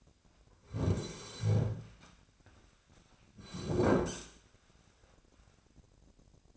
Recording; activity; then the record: daily activity, microphone in the room; sit down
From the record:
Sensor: 2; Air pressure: 1009.2 hPa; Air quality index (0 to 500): 169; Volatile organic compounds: 2 ppm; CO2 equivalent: 1234 ppm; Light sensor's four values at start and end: 43/114/48/53 and 42/113/47/53